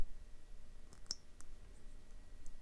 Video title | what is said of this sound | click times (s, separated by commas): Complete installation of a Shutter Precision dynamo hub installation onto a 2020 Salsa Cutthroat. | that was sort of a weak click but that is engaged in the back there | 1.1 s